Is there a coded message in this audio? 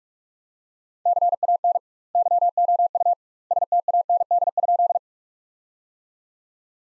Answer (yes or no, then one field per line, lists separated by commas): yes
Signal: Morse code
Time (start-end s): 1.1-5.0 s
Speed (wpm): 48 wpm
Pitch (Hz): 700 Hz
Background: none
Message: CAN YOU STAND?